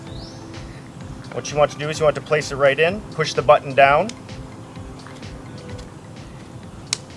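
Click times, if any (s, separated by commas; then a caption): 6.9 s. Someone talks while a paddle end is placed into the end of the paddle shaft with its locking button pushed down, then slid along the shaft. At 6.9 s, a sharp click is heard as the spring locking pin snaps into the shaft's locking hole, and the paddle is seated.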